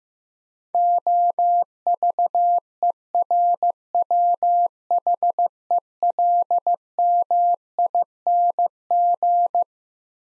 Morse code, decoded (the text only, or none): OVERWHELMING